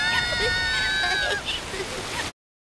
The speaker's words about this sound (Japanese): 雨、これからどんどん強くなってくみたいです。 今よりも？ はい。